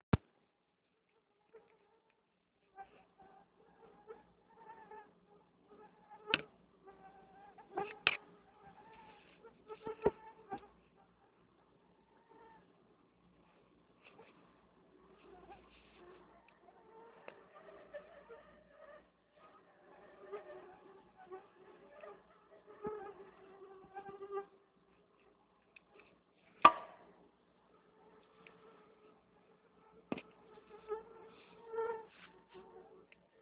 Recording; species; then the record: mosquito flight sound by mobile phone; Anopheles freeborni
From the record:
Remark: swarm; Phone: Nokia 6555B